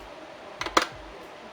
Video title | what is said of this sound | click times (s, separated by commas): Marinaded Skirt Steak & Chimichurri Sauce - Cosori Vacuum Sealer Demo & Giveaway! | gently press down the sides until you hear the click | 0.6 s, 0.8 s